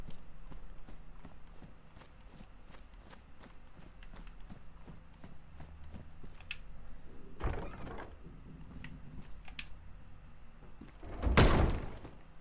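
door slamming shut

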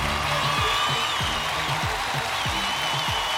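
audience applause

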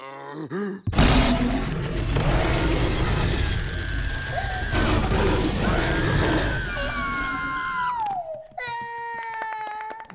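monster roar

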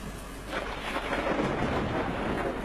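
rain and wind storm

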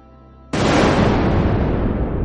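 thunder strike

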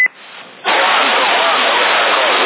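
CB radio beep

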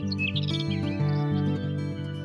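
birds chirping and singing

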